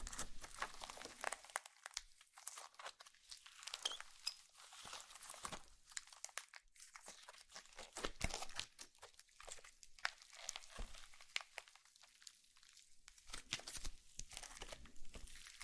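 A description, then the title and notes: Wet crackling and squishing of slime being pressed and stretched, with dense bright pops and crinkles coming in irregular bursts throughout. ASMR SLIME SATISFYING - NO TALKING.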